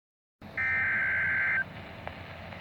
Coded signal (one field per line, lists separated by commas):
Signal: Emergency Alert System (SAME) tones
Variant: header bursts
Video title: Flash Flood Warning [EAS #100]